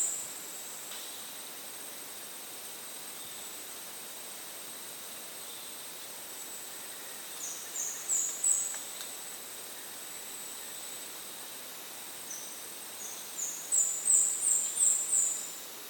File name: Speckled spinetail